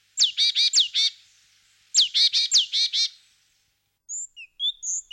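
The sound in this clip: Great tit song: two bursts of phrases, each a high down-slurred whistle followed by rapid harmonic notes, then scattered thin chirps near the end.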